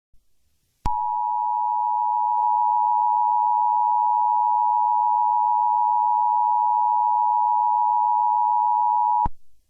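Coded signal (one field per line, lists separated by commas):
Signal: Emergency Alert System (SAME) tones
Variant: 853 and 960 Hz attention tone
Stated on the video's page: Fake mock Tornado Warning using valid EAS tones.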